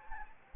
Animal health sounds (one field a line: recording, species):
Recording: mosquito wingbeat signal from an infrared sensor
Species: Anopheles arabiensis